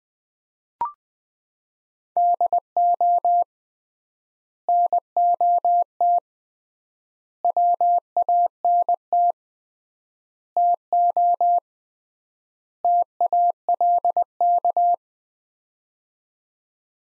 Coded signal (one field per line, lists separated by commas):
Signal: Morse code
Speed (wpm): 20 wpm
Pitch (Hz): 700 Hz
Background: none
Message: DO NOT WANT TO TALK